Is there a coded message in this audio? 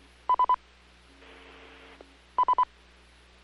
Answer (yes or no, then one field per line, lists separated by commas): no